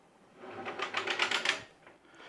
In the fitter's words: you will also hear a clicking effect to let you know that it's in spot